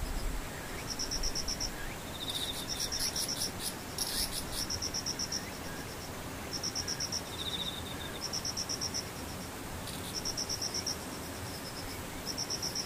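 Insects chirp in repeated high, bright trills, each burst lasting about a second, recurring every couple of seconds throughout. A lower secondary chirp appears near 2.5 and 8 seconds, over a steady hiss of dense background noise with a faint low rumble.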